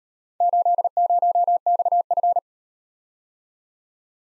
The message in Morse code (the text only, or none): 80XF